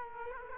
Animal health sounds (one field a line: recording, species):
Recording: mosquito wingbeat signal from an infrared sensor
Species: Culex quinquefasciatus